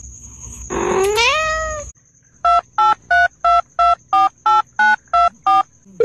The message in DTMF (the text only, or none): 2832248924